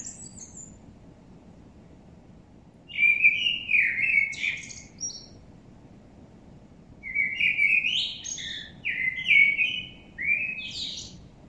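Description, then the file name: Common blackbird: a brief high note, then two bursts of rich warbling notes, each closing in scratchy high twitters, separated by a pause of about two seconds with low background noise. "Turdus merula"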